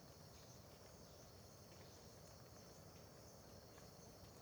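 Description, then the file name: Crickets give a dense unbroken high trill over a heavy low rumbling background, with faint ticks now and then. Crickets at Terra Ronca park near the road at dawn, with dripping water; AB stereo recording. "Ambiencia parque terra ronca perto da estrada amanhecer com bacurau, gotejar, grilos"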